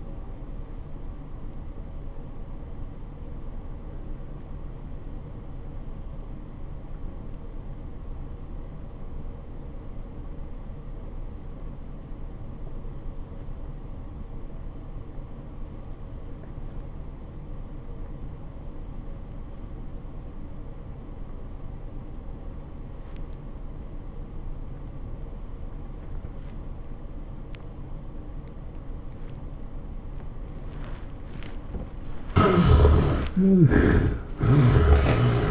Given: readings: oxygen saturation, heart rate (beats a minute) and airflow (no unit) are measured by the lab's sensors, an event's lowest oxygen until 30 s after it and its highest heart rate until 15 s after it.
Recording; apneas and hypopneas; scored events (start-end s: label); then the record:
breathing in sleep by a smartphone at the bedside; 1
10.00-31.10 s: obstructive apnea (N1, oxygen 96% highest, then 63% lowest, heart rate 94 at the start, 112 highest)
From the record:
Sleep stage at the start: N1 (lightest sleep); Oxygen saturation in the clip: 64 to 96%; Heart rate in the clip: 78 to 107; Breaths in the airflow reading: 5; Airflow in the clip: -14.9 to 11.1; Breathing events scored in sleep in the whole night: 403 in 5.5 hours asleep